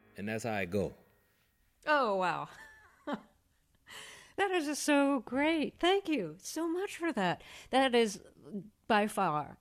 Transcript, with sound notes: And that's how it go.
Oh, wow. (laughter) That is so great. Thank you so much for that. That is by far